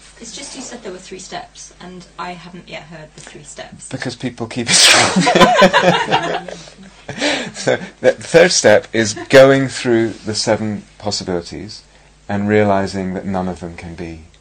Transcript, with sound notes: It's just you said there were three steps and I haven't yet heard the three steps.
Because people keep ... [laughter] The third step is (3) going through the seven possibilities and realizing that none of them